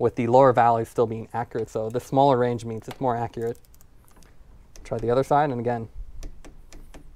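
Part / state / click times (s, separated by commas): click-type torque wrench on a bicycle stem bolt / torque reached / 6.2 s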